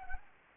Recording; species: mosquito wingbeat signal from an infrared sensor; Anopheles gambiae